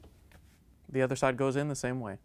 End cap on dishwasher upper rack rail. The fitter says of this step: and so it locks in place